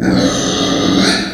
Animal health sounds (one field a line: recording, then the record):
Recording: squeal of a Yucatan mini pig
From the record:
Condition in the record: before surgery on the right vocal fold (resection and tissue-engineered implant)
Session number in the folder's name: 3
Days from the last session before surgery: 0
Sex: female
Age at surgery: 19 weeks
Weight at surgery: 25 kg